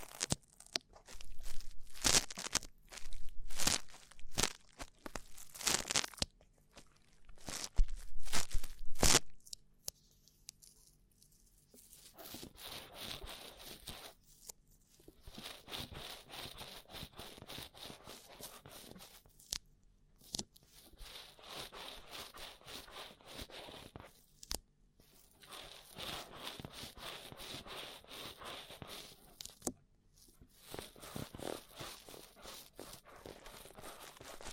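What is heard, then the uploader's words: Rough ear cleaning, starting with loud, sharp bursts of crackling and scraping for the first ten seconds. After that it settles into quieter, steady scratchy rubbing with a crinkly, crunchy texture, broken by brief pauses around 20, 25 and 30 seconds. ASMR Rough Ear Cleaning (No Talking).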